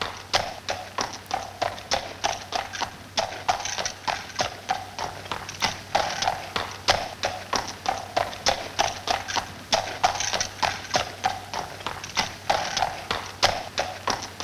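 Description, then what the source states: Horse footfalls, a long run of sharp walking clops on hard ground, regular at about three a second, with a quiet low hum throughout. Horse walking on pavement.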